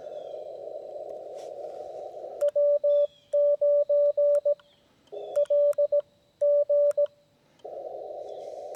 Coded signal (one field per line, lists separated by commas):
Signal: Morse code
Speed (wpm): 17 wpm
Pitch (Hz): 580 Hz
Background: radio noise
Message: W9LG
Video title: How To Operate Portable Ham Radio Using Minimal Equipment